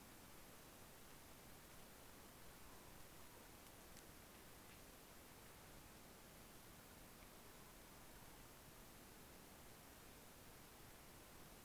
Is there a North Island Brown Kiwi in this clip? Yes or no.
no